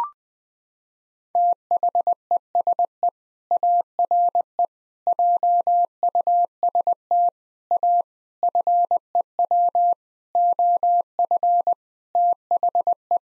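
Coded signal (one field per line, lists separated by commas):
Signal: Morse code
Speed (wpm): 20 wpm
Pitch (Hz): 700 Hz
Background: none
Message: THESE ARE JUST A FEW OF THE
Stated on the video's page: Morse code head-copy drill at 20 wpm of common seven-word groups, each sent, spoken, then sent again.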